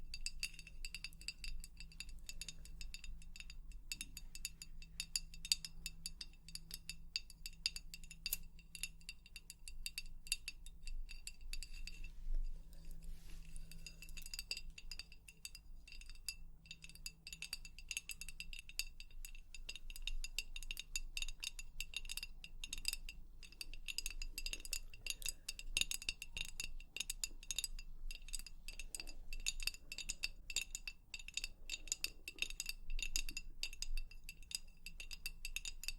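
Tapping on a hard surface, with rapid, dense clinks and ticks throughout, bright and glassy, over a low steady hum that fades after eighteen seconds.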